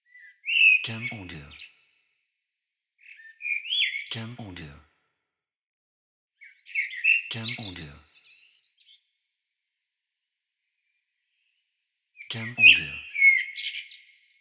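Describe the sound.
Bird song in four separate phrases, each a bright warbling burst with a harsh buzzy edge, with pauses of one to three seconds between them.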